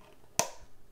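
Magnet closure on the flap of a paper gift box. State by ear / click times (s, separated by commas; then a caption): seated / 0.4 s. The back of a paper prism gift box is folded and its flap is brought down so the embedded magnet closure snaps shut. A single sharp, bright click is heard at 0.4 s, standing out from quiet background noise. The flap is seated and the box holds itself closed.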